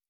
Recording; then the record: hydrophone in a shrimp aquaculture tank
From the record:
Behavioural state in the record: normal